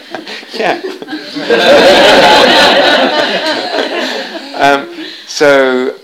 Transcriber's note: laughter